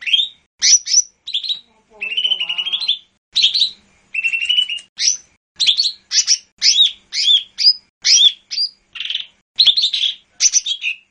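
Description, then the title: Bird song of rapid, varied whistled notes and chirps with a buzzy rattling trill near the start, delivered in a quick, continuous stream. "SuaraBurung Kicau"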